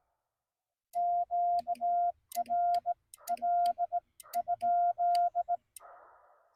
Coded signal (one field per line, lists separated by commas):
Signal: Morse code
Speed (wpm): 18 wpm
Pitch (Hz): 700 Hz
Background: none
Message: Q R L ?